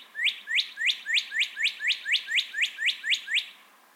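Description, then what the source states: Northern cardinal song: about a dozen loud slurred notes delivered evenly, roughly four per second. Entire singing bout.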